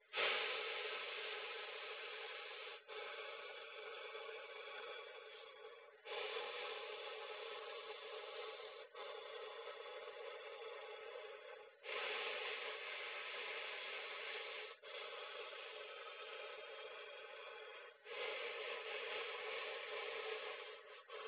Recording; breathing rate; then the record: paced breathing near a phone; 10 breaths a minute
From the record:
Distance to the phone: 20 cm